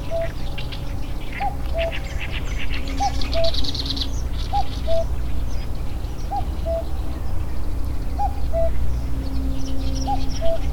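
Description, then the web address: Common cuckoo singing a two-note cuck-oo, the higher note falling to a lower one, repeated at regular intervals over a steady low rumble, with faint chirps from other birds. Recorded at Kahokugata, Japan, on 25 May 2014. "saezuri kakoo kahokugata 20140525"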